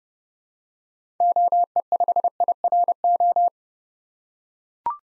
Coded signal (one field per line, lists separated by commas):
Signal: Morse code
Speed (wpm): 30 wpm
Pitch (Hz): 700 Hz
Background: none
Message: OE5IRO